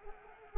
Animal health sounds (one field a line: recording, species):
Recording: mosquito wingbeat signal from an infrared sensor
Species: Anopheles arabiensis